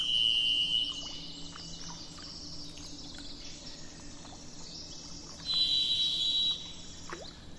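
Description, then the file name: Thrush singing two drawn-out whistled notes several seconds apart, the second slightly higher and ringing, with faint chirps and a steady noise bed. Recorded 27 April 2004, with truck noise in the background. "040427-thrushandtrucks"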